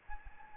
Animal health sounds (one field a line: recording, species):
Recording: mosquito wingbeat signal from an infrared sensor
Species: Anopheles gambiae